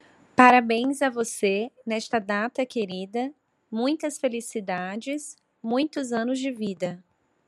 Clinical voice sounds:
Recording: short text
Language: Brazilian Portuguese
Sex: female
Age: 30 to 39 years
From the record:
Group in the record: control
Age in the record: 32 years

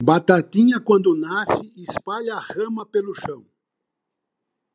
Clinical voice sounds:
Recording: short text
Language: Brazilian Portuguese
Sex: male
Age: 60 to 69 years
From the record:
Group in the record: control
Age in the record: 65 years

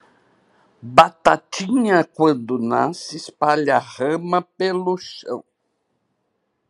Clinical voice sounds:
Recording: short text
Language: Brazilian Portuguese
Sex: female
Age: 70 to 79 years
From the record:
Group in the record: control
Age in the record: 75 years

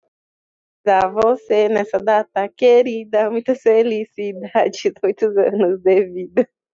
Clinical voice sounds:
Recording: short text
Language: Brazilian Portuguese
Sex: female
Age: 20 to 29 years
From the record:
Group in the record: control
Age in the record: 25 years

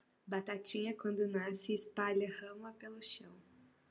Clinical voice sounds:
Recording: short text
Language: Brazilian Portuguese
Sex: female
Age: 20 to 29 years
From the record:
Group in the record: control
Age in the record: 20 years

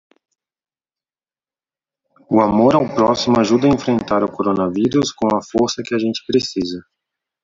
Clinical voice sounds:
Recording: spoken sentence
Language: Brazilian Portuguese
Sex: male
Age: 30 to 39 years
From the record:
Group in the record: control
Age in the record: 32 years

